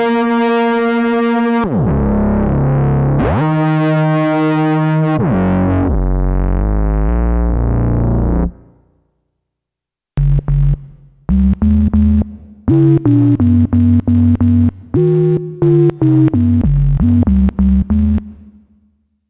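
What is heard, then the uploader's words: Solo synthesizer tones with a buzzy, distorted edge. For about eight seconds sustained notes glide and step through pitch sweeps, then cut to silence; after ten seconds a quick run of short, choppy notes hops up and down in a repeating melodic pattern until the end. Some of my own XW-G1 Solo-synth sounds.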